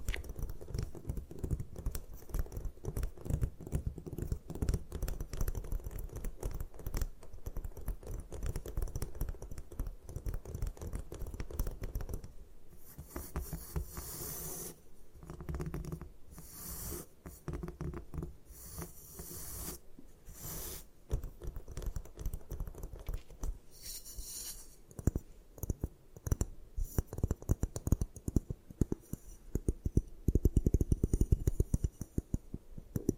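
Gym chalk being crushed and broken apart in dense, rapid crackling taps, with brighter crunching bursts around fifteen and twenty seconds.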